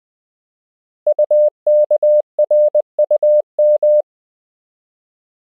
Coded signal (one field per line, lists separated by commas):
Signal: Morse code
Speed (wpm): 20 wpm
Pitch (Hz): 600 Hz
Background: none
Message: UKRUM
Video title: Morse Code — Koch Method Lesson 4 (KMRSU)